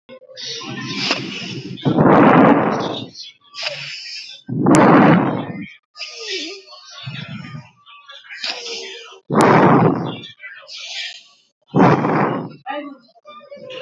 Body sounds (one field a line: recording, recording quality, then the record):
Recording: shallow breathing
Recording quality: excellent, no background noise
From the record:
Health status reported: healthy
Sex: female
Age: 23 years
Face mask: not worn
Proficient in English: yes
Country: India